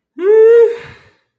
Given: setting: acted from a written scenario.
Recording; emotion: vocal sound without words; fear